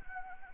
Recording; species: mosquito wingbeat signal from an infrared sensor; Anopheles arabiensis